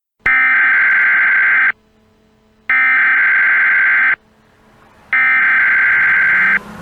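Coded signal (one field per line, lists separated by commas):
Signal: Emergency Alert System (SAME) tones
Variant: header bursts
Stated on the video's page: Fictional EAS scenario with possibly valid SAME tones, simulated alerts for a made-up severe weather event.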